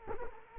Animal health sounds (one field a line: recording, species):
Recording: mosquito wingbeat signal from an infrared sensor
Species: Culex quinquefasciatus